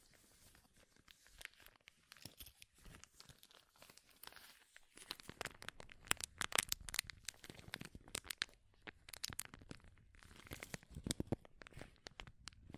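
Crinkling and crumpling sounds, like plastic or foil being squeezed, with dense bursts of sharp crackles reaching high up. The first few seconds are sparse and quieter, then from about five seconds the crinkles come thick and loud, with brief pauses around ten seconds.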